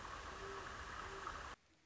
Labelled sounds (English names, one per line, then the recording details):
Great Horned Owl
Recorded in Sonoma County, California